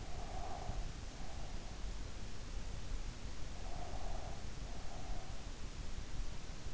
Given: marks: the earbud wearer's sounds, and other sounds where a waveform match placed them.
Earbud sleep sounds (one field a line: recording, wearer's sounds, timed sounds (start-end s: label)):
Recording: sounds in sleep by an in-ear microphone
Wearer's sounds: breath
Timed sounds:
0.01-1.84 s: breath
3.60-5.37 s: breath